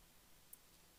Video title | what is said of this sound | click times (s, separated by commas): Stop! Don’t Build Your Rat Rig V-Core 4 Until You Watch. The build Starts HERE! | Little click when that goes in. | 0.5 s